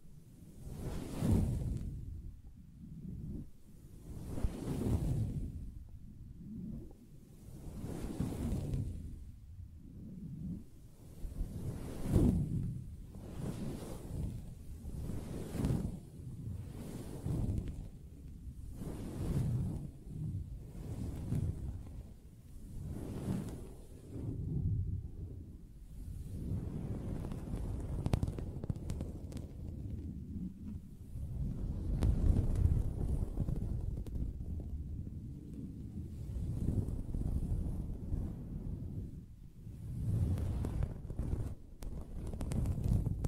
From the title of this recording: Soft Fabric Surface Tapping & Scratching